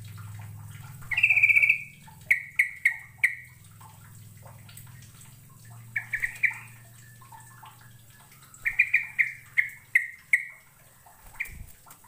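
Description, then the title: Bird gives a buzzy trill, then clusters of sharp ringing notes repeated in quick groups, separated by gaps; faint low hum underneath. "Kicau Burung"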